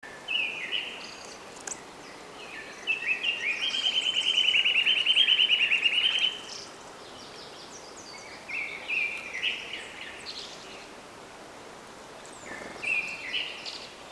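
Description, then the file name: Eurasian nuthatch giving a fast, even trill of rapid notes lasting about three and a half seconds, with shorter trilled bursts before and after it. "Sitta europaea"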